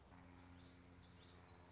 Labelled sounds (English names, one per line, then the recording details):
Common Yellowthroat
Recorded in Sonoma County, California